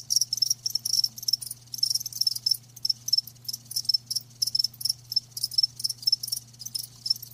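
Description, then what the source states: Crickets chirping in dense high-pitched pulsed bursts, several per second, in a steady chorus with a faint low hum beneath. Live crickets chirping with a lulling song.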